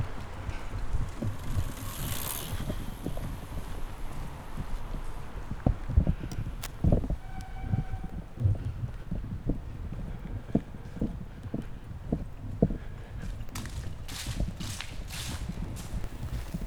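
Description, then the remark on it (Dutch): Steady footsteps of a person walking a fair distance to Rapenburg tap along a hard outdoor surface, sharp clicks in an even walking rhythm over low rumbling background noise, with a few brief whooshing bursts near the end. “Nou, Rapenburg 1, 2, 3 is toch wel een stukje lopen.”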